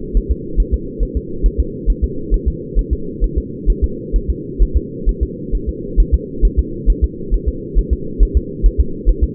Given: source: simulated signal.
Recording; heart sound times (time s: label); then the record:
fetal heart sounds
0.17 s: S1
0.32 s: S2
0.60 s: S1
0.74 s: S2
1.03 s: S1
1.17 s: S2
1.46 s: S1
1.60 s: S2
1.90 s: S1
2.04 s: S2
2.34 s: S1
2.48 s: S2
2.79 s: S1
2.93 s: S2
3.24 s: S1
3.38 s: S2
3.70 s: S1
3.84 s: S2
4.16 s: S1
4.30 s: S2
4.62 s: S1
4.77 s: S2
5.09 s: S1
5.23 s: S2
5.55 s: S1
5.69 s: S2
6.00 s: S1
6.14 s: S2
6.45 s: S1
6.59 s: S2
6.90 s: S1
7.04 s: S2
7.34 s: S1
7.48 s: S2
7.79 s: S1
7.93 s: S2
8.23 s: S1
8.37 s: S2
8.66 s: S1
8.81 s: S2
9.09 s: S1
9.24 s: S2
From the record:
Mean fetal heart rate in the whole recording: 135 bpm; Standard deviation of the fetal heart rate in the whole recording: 3 bpm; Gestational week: 36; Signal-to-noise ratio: -4.3 dB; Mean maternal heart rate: 72 bpm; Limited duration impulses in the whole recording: absent